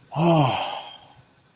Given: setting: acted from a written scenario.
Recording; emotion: vocal sound without words; relief